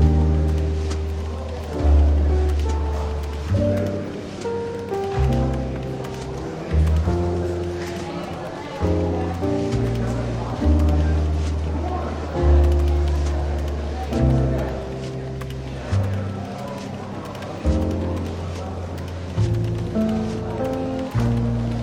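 A bookstore café with a soft, relaxed jazz tune playing: a walking bass moves in steady low steps under gentle chords and melody notes that swell every couple of seconds. A light murmur of voices and faint hiss-like café clatter sit quietly behind the music.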